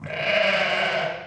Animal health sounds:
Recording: contact call of a hoofed animal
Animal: sheep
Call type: low-frequency (closed-mouth) or high-frequency (open-mouth) call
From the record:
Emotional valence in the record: negative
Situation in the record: short social isolation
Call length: 1.28 s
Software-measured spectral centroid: 2130 Hz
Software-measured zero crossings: 3040 a second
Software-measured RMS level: -24 dBFS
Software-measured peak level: -10 dBFS

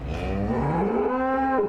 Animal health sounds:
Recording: contact call of a hoofed animal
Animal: cattle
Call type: low-frequency (closed-mouth) or high-frequency (open-mouth) call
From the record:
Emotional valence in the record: negative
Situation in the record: full separation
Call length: 1.69 s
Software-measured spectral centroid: 1000 Hz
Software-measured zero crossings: 1100 a second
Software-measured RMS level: -24 dBFS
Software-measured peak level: -13 dBFS

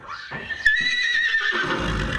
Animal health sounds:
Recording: contact call of a hoofed animal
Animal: horse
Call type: whinny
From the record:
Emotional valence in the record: positive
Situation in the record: reunion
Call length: 2.2 s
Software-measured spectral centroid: 2480 Hz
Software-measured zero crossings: 3560 a second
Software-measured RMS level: -23 dBFS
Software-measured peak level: -7 dBFS

